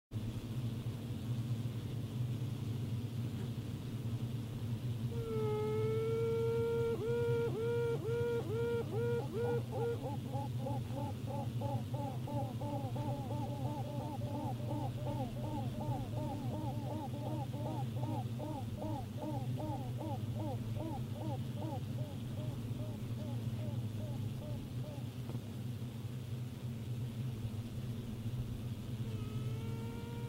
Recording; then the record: honeybee colony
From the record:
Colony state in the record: pre-swarm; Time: day